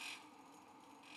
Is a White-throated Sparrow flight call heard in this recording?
no